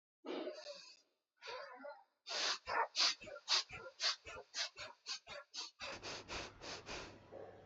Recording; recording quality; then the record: shallow breathing; excellent, no background noise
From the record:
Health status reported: respiratory illness, not identified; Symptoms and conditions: asthma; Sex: male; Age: 45 years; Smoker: not ticked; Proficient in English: yes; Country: India